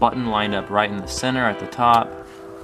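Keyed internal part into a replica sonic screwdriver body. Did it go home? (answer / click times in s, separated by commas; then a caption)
no / none. Someone talks while lining up an internal plastic part, with its button centered at the top, to push it into the body of a Stickman Sonics Dark Eyes replica sonic screwdriver; the part has an odd-shaped divot meant to fit onto a stopper at the back. Nothing has seated or clicked yet.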